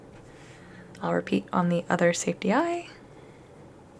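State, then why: Not seated. Someone talks while handling the second safety eye of a crocheted pumpkin cat, with its plastic back about to be pushed onto the safety eye's stem. Speech runs from about 1.0 to 2.8 seconds over quiet background noise. Nothing has seated or clicked yet.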